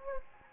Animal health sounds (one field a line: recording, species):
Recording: mosquito wingbeat signal from an infrared sensor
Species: Anopheles gambiae